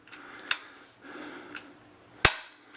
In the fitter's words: there on the tang a very nice smooth very positive click and